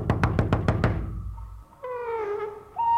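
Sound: pounding on a door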